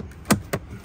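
The second side of a realigned plastic interior trim panel is pushed into a vehicle dash during a cup holder install. Two sharp plastic snaps are heard at 0.3 s and 0.5 s over a quiet background, and the panel is seated in place.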